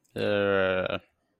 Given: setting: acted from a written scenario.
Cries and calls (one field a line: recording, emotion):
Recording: vocal sound without words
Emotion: disgust